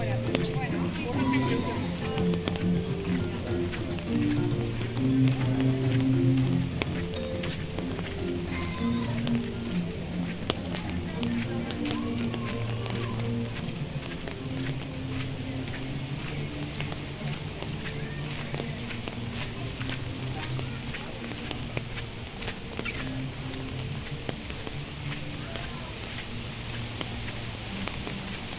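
A walk through Animal Kingdom park at Walt Disney World, with a steady wash of crowd chatter and footsteps throughout. Low tonal music or ride sounds hum underneath, strongest in the first seven seconds, while faint voices and small clicks drift in and out.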